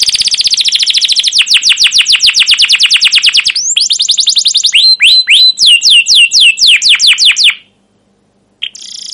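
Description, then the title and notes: Canary song: a long rapid trill, then a series of looping whistled notes, ending abruptly in silence before a brief final note. Caged canary song used as a lure and tutor to teach young canaries, described as long, continuous and energetic chirping. "CUIT CUIT NGEROL LANGSUNG GACOR PANJANG Kenari Ini AMPUH Utk Pancingan KENAR. PANCINGAN Kenari GACOR PANJANG Cuit CUIT EMOSI ini AMPUH utk MASTERAN Kenari PAUD belajar BUNYI. burung kenari"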